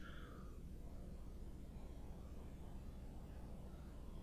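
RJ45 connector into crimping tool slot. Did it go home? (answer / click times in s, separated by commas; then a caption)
no / none. An RJ45 connector is handled and lined up with the top right slot of an FD500R crimp tool, ready to be clipped in. Only a steady low rumble and faint handling noise are heard, with a brief soft tone in the first half second. Nothing has seated or clicked yet.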